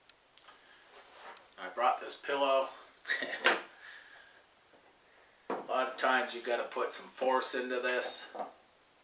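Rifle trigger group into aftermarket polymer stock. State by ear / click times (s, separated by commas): not seated / none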